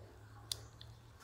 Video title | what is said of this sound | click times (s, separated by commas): DIY Tesla Powerwall - Installing MC-4 Connectors to Panels - Update 33 | that in you should hear a click I don't know if you heard that but that's in | 0.5 s